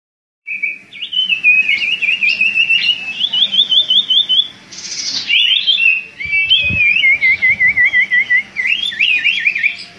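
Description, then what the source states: Common iora song: fast trilled whistles running in long unbroken series, interrupted by a brief harsh burst midway, then more rapid rippling notes. Song used as a lure (pancingan) for bird catching; local name cipo.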